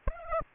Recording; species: mosquito wingbeat signal from an infrared sensor; Aedes aegypti